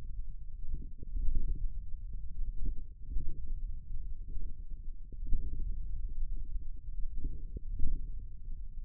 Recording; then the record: forearm muscle sounds (acoustic myography)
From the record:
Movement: index flexion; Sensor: system 1, eight BSWA MPA416 microphones around the upper forearm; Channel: 5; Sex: male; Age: 41 years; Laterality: right